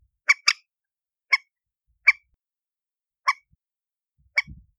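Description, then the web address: Chicken giving several short rasping squawks, with a soft low thud near the end. "aswat Dajaj Alma"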